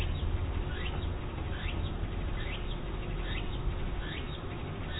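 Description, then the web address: Walker's cicada singing in even, rising sweeps about every second, with a constant low-pitched background roar beneath. Recorded 19 August 2007; local name tsukutsuku. "kisetsu 4 tsukutsuku 070819"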